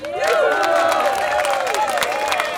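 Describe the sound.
A crowd applauds steadily with dense, continuous clapping, while whoops and cheering voices rise over it, holding an even loudness throughout.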